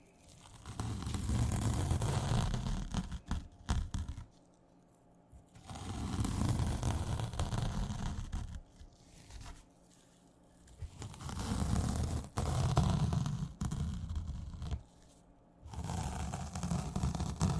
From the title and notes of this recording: ASMR Sponge Scratching & Rubbing (NO TALKING).